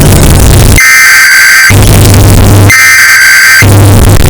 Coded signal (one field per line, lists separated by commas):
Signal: Emergency Alert System (SAME) tones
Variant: header bursts